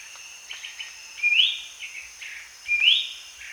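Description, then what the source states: Ferruginous babbler giving two sharp upslurred whistles about a second and a half apart, with quieter short notes between them and a constant insect hum behind. Recorded at Danum on 1 January 2008.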